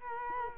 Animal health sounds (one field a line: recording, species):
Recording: mosquito wingbeat signal from an infrared sensor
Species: Culex quinquefasciatus